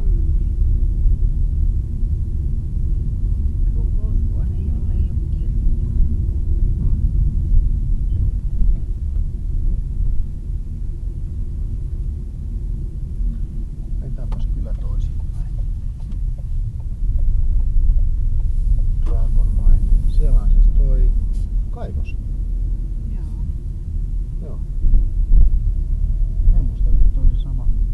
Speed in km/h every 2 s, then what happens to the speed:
23, 25, 26, 23, 22, 24, 20, 11, 13, 16, 23, 21, 20, 21.
0-11 steady at about 23. 11-14 brakes to 11. 17-20 speeds up to 23. 20-28 steady at about 21.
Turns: 12-18.